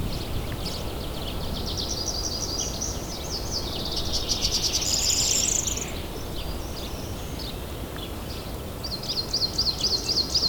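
Nature sounds: a steady low rumble fills the whole stretch while high bird chirps and trills come and go, busiest around the middle and again in a rapid repeating trill near the end. No piano stands out here.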